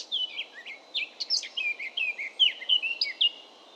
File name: baratposzata hangja